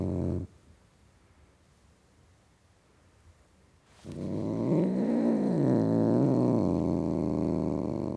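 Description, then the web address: Cat growl starting briefly, then after silence a long low rumbling growl with wavering moaning pitch. Tom cat (male) growling. "The BBC Sound Effects Library - Complete 60 CDs Collection (Cats) Tom Cat Growling"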